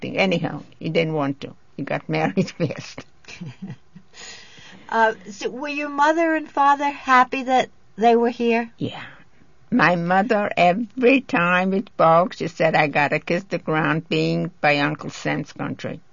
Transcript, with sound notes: Anyhow, he didn't want to. He got married fast.
( she laughs ) Were your mother and father happy that they were here?
Yeah. My mother, every time we spoke she said, "I got to kiss the ground being in by Uncle Sam's country."